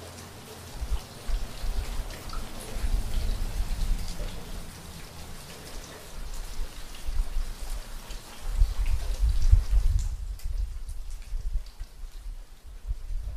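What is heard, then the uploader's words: Soft rain falls steadily, a dense patter of fine drops with scattered brighter ticks. A low rumble swells beneath it around the start and again near the ninth second, then the sound thins and quiets after ten seconds, leaving lighter dripping. Soft rain fall.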